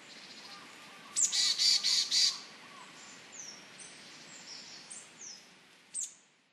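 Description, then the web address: Marsh tit call: a sharp high note leading into a rapid buzzy chatter of four notes, then fainter high thin notes trailing off, with one last sharp call near the end. Asahikawa; recorded 21 October 2011. "koe butogara 111021 asahikawa mju"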